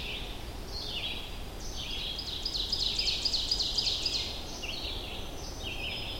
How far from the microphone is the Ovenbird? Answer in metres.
about 45 m